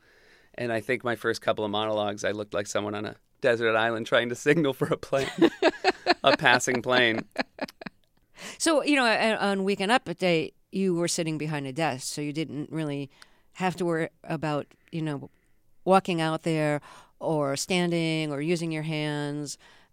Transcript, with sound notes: and I think my first couple of monologues I looked like someone on a desert island trying to signal for a plane.
(LAUGHTER)
A passing plane.
So, you know, on "Weekend Update," you were sitting behind a desk. So you didn't really have to worry about, you know, walking out there or standing or using your hands.